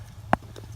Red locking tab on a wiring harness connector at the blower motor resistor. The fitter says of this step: left and you hear a little click there so